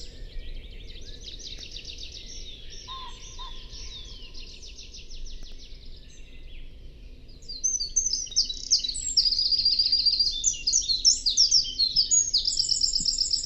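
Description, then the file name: Eurasian wren: a long, softer high trill for several seconds, a few lower notes around three seconds, then a loud, rapid, ringing trill sequence from about eight seconds on. "Troglodytes troglodytes"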